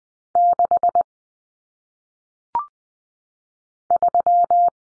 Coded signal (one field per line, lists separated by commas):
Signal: Morse code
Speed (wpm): 20 wpm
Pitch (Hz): 700 Hz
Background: none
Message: 6 3